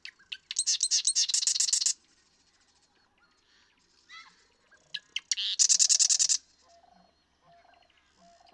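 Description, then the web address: Marsh Wren song, loud rapid rattling trills of clicky notes, two bursts several seconds apart, with soft scattered chips between them. "birdsongforthecurious Marsh Wren"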